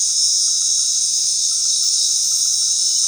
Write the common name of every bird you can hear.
none